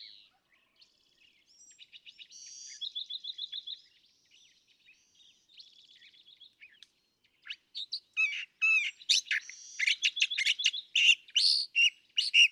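California thrasher song: a long run of varied phrases, rapid repeated chips and buzzy trills early, then louder harsh and whistled notes tumbling together in quick succession.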